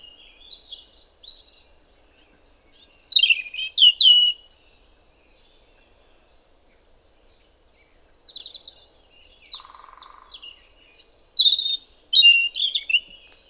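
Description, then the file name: European robin song: thin, high, varied phrases of quick notes and sweeping whistles, one burst near three seconds and a longer tumbling run after eight seconds. "Erithacus rubecula"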